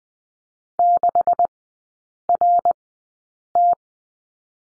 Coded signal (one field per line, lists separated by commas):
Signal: Morse code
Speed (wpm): 20 wpm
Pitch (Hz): 700 Hz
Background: none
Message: 6RT